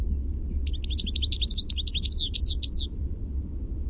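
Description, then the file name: American goldfinch song: a lively, rapid string of high chirps and twittering slurs, over a low steady background rumble. "AMGO song"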